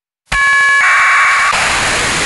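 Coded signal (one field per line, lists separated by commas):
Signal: packet radio (AX.25, as in APRS)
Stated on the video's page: APRS received with an SDRplay RSP2 in SDRuno, decoded with SoundModem.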